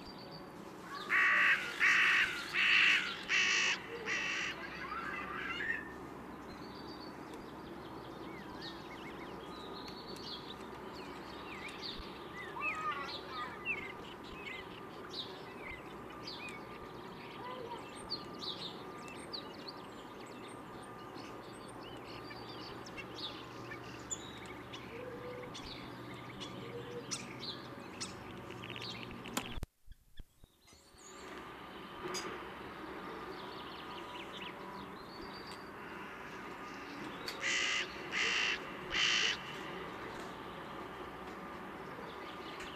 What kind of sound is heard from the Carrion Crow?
call